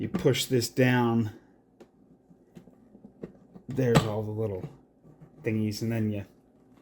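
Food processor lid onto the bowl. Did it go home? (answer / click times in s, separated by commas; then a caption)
no / none. Someone talks while fitting the lid of a new, just-unboxed food processor onto its bowl and pushing it down to lock it, with faint handling taps between the speech. The lid has not clicked into place or seated yet.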